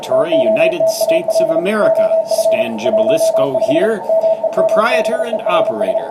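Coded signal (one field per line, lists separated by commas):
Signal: Morse code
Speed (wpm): 35 wpm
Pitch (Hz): 660 Hz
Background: speech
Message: TOTAL OF 15 MEMBERS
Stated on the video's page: Off-air HF reception in the afternoon on 20 through 10 meters, bands open, including a contact with Chile.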